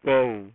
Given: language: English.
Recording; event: throat vibration sensor signal played as sound; speech